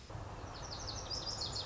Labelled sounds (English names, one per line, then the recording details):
Lazuli Bunting
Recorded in Sonoma County, California